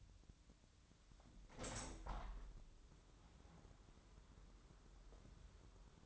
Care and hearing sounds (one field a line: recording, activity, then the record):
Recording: daily activity, microphone in the room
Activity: open window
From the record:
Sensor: 3